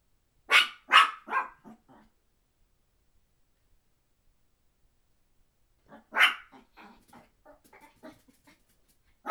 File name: Dogbarkpapillon 03